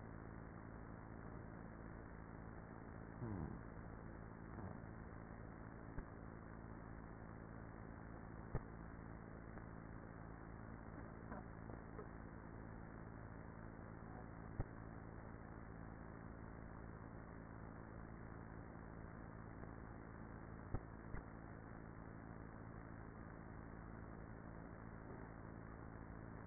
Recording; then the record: honeybee colony, microphone inside the hive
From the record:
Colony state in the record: queenless with a low population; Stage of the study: after two queens were removed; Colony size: about 30,000 bees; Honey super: no